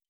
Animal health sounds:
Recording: hydrophone in a shrimp aquaculture tank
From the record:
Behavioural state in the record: stressed

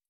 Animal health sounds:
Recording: hydrophone in a shrimp aquaculture tank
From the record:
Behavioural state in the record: stressed

